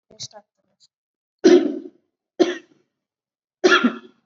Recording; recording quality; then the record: heavy voluntary cough; excellent, no background noise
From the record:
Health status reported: COVID-19 positive, mild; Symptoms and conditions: cough, sore throat, fever, fatigue, hypertension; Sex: female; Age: 47 years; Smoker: not ticked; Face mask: not worn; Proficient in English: yes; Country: India